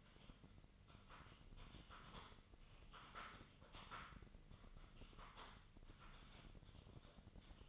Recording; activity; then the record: daily activity, microphone in the room; typing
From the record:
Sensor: 4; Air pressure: 1008.4 hPa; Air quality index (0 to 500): 82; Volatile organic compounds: 1 ppm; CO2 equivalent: 652 ppm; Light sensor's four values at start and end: 15/35/14/14 and 15/35/14/14